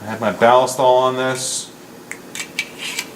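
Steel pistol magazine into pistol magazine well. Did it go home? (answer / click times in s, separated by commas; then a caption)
yes / 2.1 s. Someone talks, then a steel pistol magazine is pushed into the magazine well in the grip of a SIG Sauer 1911 and clicks in at 2.1 s, seating and latching. A few more short metallic clicks and rattles follow as the magazine is released with the extended magazine release and drops out.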